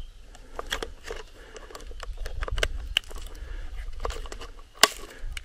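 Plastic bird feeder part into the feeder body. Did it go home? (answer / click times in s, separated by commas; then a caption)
yes / 4.8 s. A detached plastic piece of a bird feeder, loosened by squirrel damage, is refitted one-handed into the feeder body amid light plastic rattling and small taps. A sharp click at 4.8 s marks the part clipping back into place, seated.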